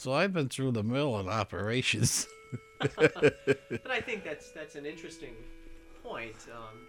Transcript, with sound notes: So I've been through the mill in operations. (they laugh, a clock can be heard chiming in the background)
But I think that's, that's an interesting point, that...